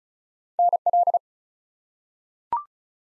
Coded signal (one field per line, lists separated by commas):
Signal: Morse code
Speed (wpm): 36 wpm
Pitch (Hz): 700 Hz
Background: none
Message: NL